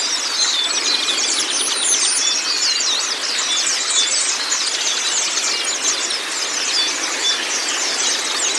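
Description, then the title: White-eye: dense song, with fast high chirps and short trills running together nonstop at an even loudness. Training recording (masteran) of white-eye (pleci kacamata si putih) song, meant to get a silent (bisu) pleci singing constantly (gacor). "mster Mnuk. Terapi Pleci Bisu Menjadi Gacor Abis. Masteran Pleci Kacamata Si Putih"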